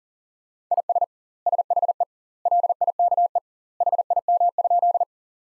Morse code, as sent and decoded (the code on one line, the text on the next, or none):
.. ... / ... .... . / .-.. .. -.- . / .... .. -- ..--..
IS SHE LIKE HIM?